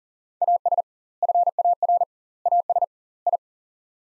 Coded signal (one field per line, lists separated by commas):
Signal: Morse code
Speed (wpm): 40 wpm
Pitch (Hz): 700 Hz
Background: none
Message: AS FAR AS I